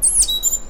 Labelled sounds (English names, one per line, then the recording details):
Stitchbird song
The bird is a male
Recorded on Tiritiri Matangi Island, New Zealand, in 2005
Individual 1, of nest box 1